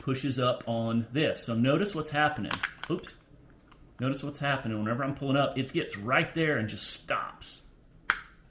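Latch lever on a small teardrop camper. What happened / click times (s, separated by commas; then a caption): The latch clicked into place / 8.1 s. Someone talks while pulling up on the latch lever of a Little Guy Max small teardrop camper, which stops partway. At 8.1 s it snaps with a single sharp click as the latch mechanism seats into place.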